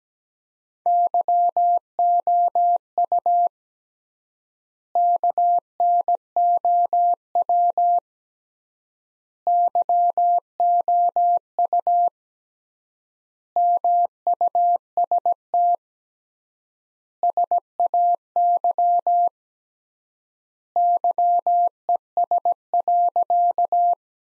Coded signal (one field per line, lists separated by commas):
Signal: Morse code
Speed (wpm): 17 wpm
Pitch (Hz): 700 Hz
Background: none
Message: YOU KNOW YOU MUST SAY YES.